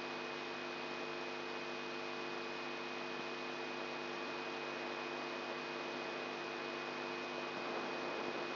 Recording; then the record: brain microelectrode recording played as sound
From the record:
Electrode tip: inside the subthalamic nucleus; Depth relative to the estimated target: 2 mm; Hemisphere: right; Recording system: AlphaMap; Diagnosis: Parkinson's disease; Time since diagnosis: 14 years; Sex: female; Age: 63 years